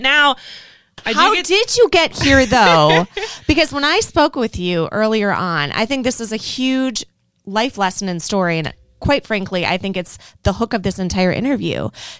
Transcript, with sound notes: Now, I do get – How did you get here though? (laughing) Because when I spoke with you earlier on, I think this is a huge life lesson in the story and quite frankly, I think it’s the hook of this entire interview.